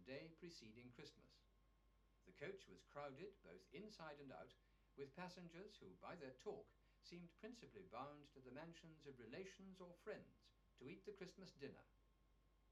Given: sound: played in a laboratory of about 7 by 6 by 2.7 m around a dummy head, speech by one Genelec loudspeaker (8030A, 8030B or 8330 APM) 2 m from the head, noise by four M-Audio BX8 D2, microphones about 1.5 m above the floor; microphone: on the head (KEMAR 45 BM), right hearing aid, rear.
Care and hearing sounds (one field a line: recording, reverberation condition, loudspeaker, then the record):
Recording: male speech in English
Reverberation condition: low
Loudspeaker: 60 degrees to the right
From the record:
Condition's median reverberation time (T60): about 310 ms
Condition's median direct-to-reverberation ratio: about 3.5 dB